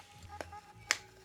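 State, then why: Seated. A fork top cap bolt is pressed onto the spring-loaded metal fork tube of an MT-07 motorcycle and turned backwards, so it can then be threaded forwards without cross-threading. After a faint tick at 0.4 s, a sharp, bright click at 0.9 s marks the thread start dropping into place, and the cap is seated in its start position.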